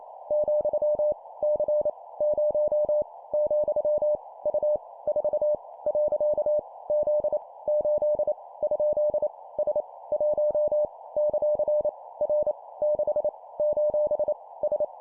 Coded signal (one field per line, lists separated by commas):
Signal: Morse code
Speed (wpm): 28 wpm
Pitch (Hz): 600 Hz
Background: none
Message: , C 0 , U 4 . Z 8 ? S 1 ; R 6 : S